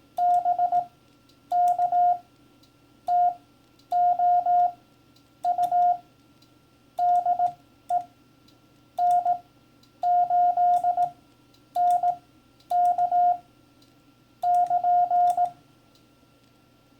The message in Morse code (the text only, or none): BK TO U DE N8NK <KN>